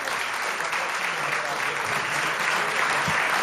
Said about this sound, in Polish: Prosimy o brawa.